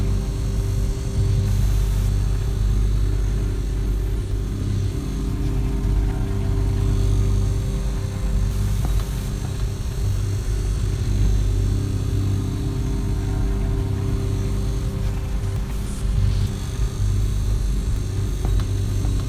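A fridge runs with a steady, dense low hum and rumble that holds level for the whole recording. Fainter tones sit above the drone, and a few brief, faint clicks or rattles come through around two, nine and sixteen seconds.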